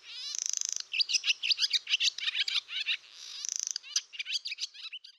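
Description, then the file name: Barn swallow twittering song: fast chattering notes with a dry buzzy rattle near the start and again later, delivered in a continuous rapid stream. "dymowka"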